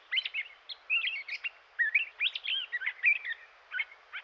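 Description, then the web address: Gray catbird song of varied squeaks, slurred whistles and harsh chattering notes, strung together in a continuous, irregular medley without repeating phrases. Eastern North America. "Dan Gibson Wildlife Identification By Sound, Eastern North America Pt 1. Catbird"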